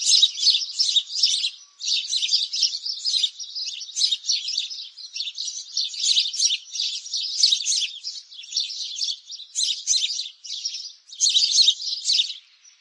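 Sparrow chatter: busy, overlapping high chirps pouring out almost nonstop, rising and falling in loudness, with short pauses near two and eleven seconds.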